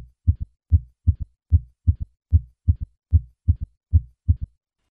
A third heart sound is a low-pitched, early diastolic sound heard best at the cardiac apex using the bell of the stethoscope with the patient in the left lateral position. Although it can be a normal finding in younger patients, in those over the age of 40, this sound usually indicates heart failure. Third heart sound is added to a normal first and second heart sound, a triple rhythm is created.